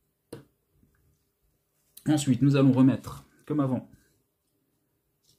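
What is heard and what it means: The battery flex connector of a Samsung S10 smartphone is pressed back onto its motherboard socket, giving a sharp snap at 0.3 s, and the connector is seated. After a short quiet pause, someone talks.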